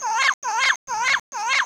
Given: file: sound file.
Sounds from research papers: Example of Southern dialect vocalizations at the source site of translocated birds.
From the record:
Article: Evidence for Vocal Learning and Limited Dispersal as Dual Mechanisms for Dialect Maintenance in a Parrot

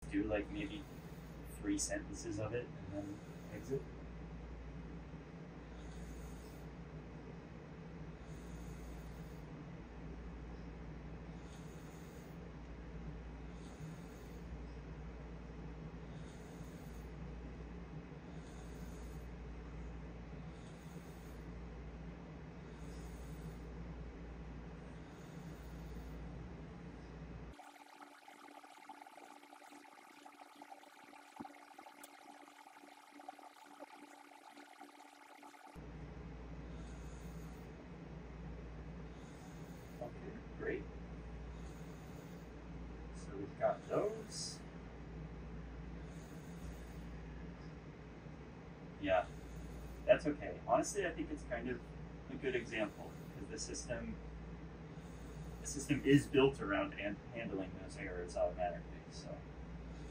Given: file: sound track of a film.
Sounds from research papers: T15 calibrates the speech decoder. T15 navigates the user interface (using eye gaze) to enter the speech calibration routine, where he attempts to say prompted sentences. Neural data during these prompted sentences are then used to fine-tune the speech decoder in the background.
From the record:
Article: Long-term independent use of an intracortical brain–computer interface for speech and cursor control

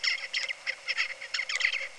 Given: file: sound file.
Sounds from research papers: Song of bird #1 (61 days post-hatch).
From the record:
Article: Common Features of Neural Activity during Singing and Sleep Periods in a Basal Ganglia Nucleus Critical for Vocal Learning in a Juvenile Songbird

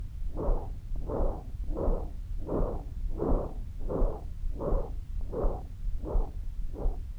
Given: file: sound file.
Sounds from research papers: Audio file of pre-treatment ear canal signal from the no.1 VPT patient.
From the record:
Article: Pre-Treatment Objective Diagnosis and Post-Treatment Outcome Evaluation in Patients with Vascular Pulsatile Tinnitus Using Transcanal Recording and Spectro-Temporal Analysis

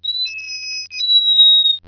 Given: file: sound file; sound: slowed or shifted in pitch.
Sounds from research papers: Frequency step vocalization from a male B6 pup at pnd 8.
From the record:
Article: Unusual Repertoire of Vocalizations in the BTBR T+tf/J Mouse Model of Autism

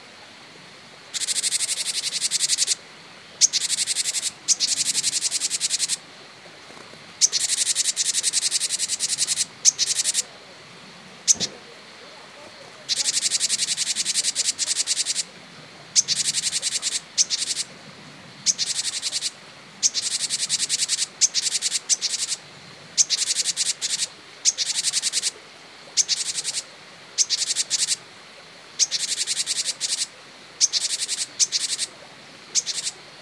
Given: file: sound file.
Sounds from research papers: Alarm calls of Henan-tits in response to chipmunks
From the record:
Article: Geographic Variation in Note Types of Alarm Calls in Japanese Tits (Parus minor)

